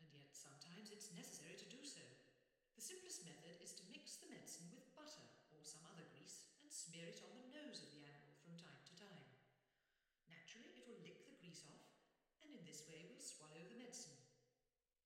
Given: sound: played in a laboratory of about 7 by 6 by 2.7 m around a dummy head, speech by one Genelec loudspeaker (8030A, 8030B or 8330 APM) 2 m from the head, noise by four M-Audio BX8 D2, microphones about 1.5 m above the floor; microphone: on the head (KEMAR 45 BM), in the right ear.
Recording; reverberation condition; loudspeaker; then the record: female speech in English; high; 30 degrees to the right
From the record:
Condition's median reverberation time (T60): about 1300 ms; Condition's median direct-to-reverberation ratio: about -4.0 dB